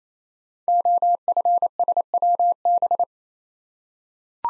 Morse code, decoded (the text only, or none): OFSWB